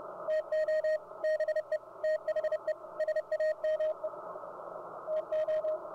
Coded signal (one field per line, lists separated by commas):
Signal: Morse code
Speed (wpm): 30 wpm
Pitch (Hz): 620 Hz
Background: radio noise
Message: TO BE THE SAME TO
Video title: Ham Radio Deluxe or HRD Decoding CW Morse Code